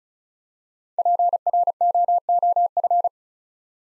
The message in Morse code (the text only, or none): PROOF